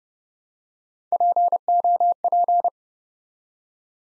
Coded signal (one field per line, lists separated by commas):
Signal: Morse code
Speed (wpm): 31 wpm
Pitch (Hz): 700 Hz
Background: none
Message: POP